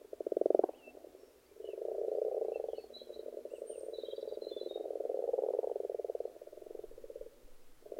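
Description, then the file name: Frog chorus of pulsed, rattling croaks swelling into a long continuous trill. Frogs in a pond. "benboncan frogs-in-a-pond"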